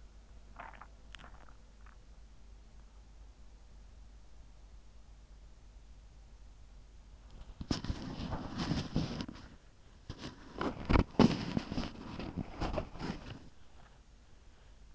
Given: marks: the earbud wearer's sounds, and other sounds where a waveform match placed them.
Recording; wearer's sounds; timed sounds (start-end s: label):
sounds in sleep by an in-ear microphone; swallowing, body movement
0.00-3.10 s: swallowing
6.12-14.95 s: body movement